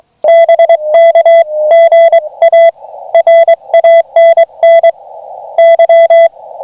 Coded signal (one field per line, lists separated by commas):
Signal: Morse code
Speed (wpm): 23 wpm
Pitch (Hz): 2000 Hz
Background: music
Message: BK GA RANNY